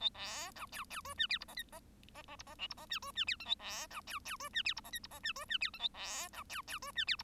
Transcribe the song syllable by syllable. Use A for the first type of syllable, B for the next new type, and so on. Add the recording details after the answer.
A B C D D E F G H I J I I I H I K H I F E F G L A B C D D E F G H I J H I F E F G L A B C D D E F G H. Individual Bird1